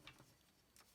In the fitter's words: It clicks into place. You can hear that little click, okay?